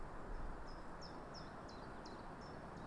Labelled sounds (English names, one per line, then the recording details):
Common Chiffchaff
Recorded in Germany
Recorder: ecoPi